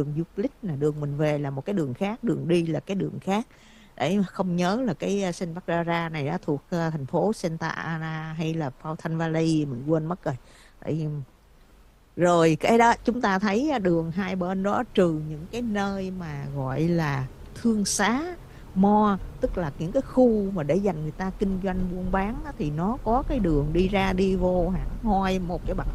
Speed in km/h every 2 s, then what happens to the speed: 6, 0, 0, 0, 0, 0, 3, 15, 24, 32, 39, 40, 44.
0-2 slows to 0. 2-11 standing. 11-26 pulls away to 44.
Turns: none.